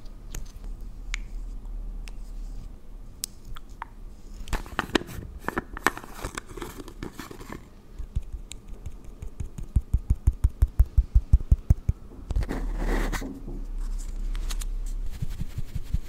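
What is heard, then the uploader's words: Makeup being applied to a face in first person, with soft brushing, tapping and rustling handling noises. Dense scrapes and crinkles cluster around 5 to 7 seconds and again near 13 seconds, with a run of quick, regular taps between 10 and 12 seconds. ASMR First person Makeup On Your Face(No Talking).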